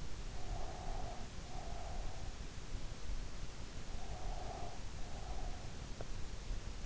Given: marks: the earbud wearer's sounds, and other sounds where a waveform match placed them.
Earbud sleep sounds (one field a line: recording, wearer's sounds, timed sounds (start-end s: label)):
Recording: sounds in sleep by an in-ear microphone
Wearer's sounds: breath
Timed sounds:
0.22-2.54 s: breath
4.03-5.98 s: breath